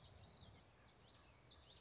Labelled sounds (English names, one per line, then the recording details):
Common Yellowthroat
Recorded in Sonoma County, California